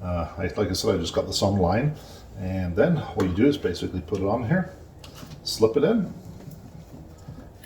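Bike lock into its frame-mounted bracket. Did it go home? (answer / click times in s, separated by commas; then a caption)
yes / 7.6 s. A U-lock from West Biking is slid into its plastic mounting bracket on the frame of a Himiway electric cruiser bike while someone talks. After the talking stops, a faint tap is heard at 6.5 seconds, then a short, sharp click at 7.6 seconds as the lock latches into the bracket.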